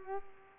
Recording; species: mosquito wingbeat signal from an infrared sensor; Culex pipiens